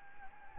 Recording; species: mosquito wingbeat signal from an infrared sensor; Anopheles gambiae